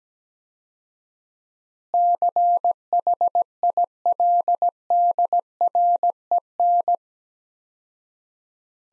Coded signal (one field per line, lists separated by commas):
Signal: Morse code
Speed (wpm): 17 wpm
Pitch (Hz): 700 Hz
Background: none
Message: CHILDREN